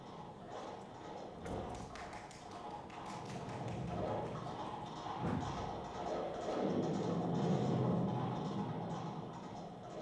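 Horses' hooves clip-clop in a loose, uneven rhythm of sharp taps and dull thuds, steady at a moderate level over a rumbling background that swells toward the end, as a troop of horsemen searches for Don Juan in a 1967 production of Molière's Dom Juan.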